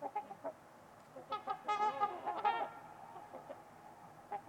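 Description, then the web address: Trumpeter swans giving short nasal honks, scattered singly and in quick bursts, with a brief overlapping cluster in the middle and quiet gaps between. Trumpeter swans on a winter's eve at Winters Lake in a deep valley. "Trumpeter Swans on a Winter's Eve. Nick-Mc Mahan Winters-Lake-with-Swan. Wind Is the Original Radio"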